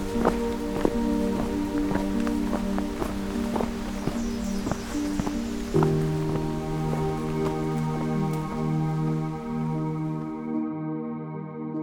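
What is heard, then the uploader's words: On a hike, regular crunching footsteps sound over a steady humming drone that drops in pitch midway, then the steps stop and the hiss fades. I’m continuing my hike from Pine Tree Harbour towards the crossroads of trails I’m calling Kinglet Junction.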